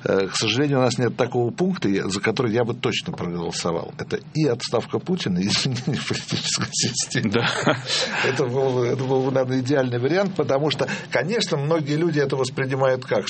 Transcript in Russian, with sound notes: К сожалению, у нас нет такого пункта, за который я бы точно проголосовал, - это и отставка Путина, и изменение политической системы. (смеется) Это был бы, наверное, идеальный вариант, потому что... Конечно, многие люди это воспринимают как?